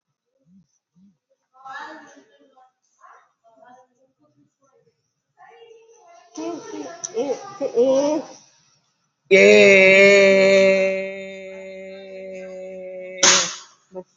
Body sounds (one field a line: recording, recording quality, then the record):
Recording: sustained vowel as in made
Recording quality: moderate, slight background noise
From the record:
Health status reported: COVID-19 positive, mild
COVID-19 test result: positive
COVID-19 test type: RT-PCR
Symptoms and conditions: cough, cold, fatigue, muscle pain, hypertension, diabetes, another condition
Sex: female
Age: 72 years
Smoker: no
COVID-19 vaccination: both doses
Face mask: not worn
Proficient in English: yes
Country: India